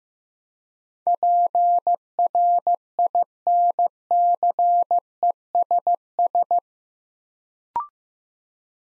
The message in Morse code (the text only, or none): PRINCESS